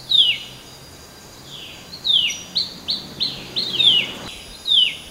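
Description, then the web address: Temminck's babbler calling: a series of clear, high down-slurred notes repeated irregularly. Recorded 13 August 2009. "RAFFCNTRE. temminck-at-s babbler"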